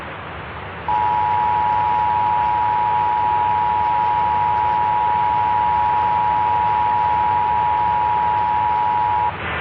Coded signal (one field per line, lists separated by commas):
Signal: Emergency Alert System (SAME) tones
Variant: 853 and 960 Hz attention tone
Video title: 8/11/21 National Emergency Alert System Test (WFAN 660 and WNBC 4)